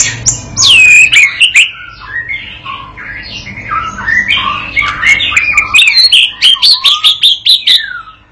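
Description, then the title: White-rumped shama song, a continuous stream of varied whistles, slurs and sharp clicks, growing faster and louder near the end. Young shama (murai batu paud) learning to sing in gacor style; master lure song used to train it and prompt it to answer at once. "MURAI BATU PAUD BELAJAR GACOR, AJARI DENGAN MASTERAN PANCINGAN INI, PANCING LANGSUNG NYAUT"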